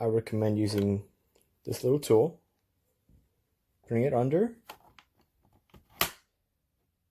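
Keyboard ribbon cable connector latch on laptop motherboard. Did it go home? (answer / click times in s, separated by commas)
released / 6.0 s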